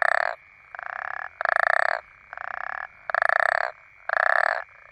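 African common toads giving pulsed, snoring croaks, each about half a second long, six bursts from louder and softer callers, with a steady background hum.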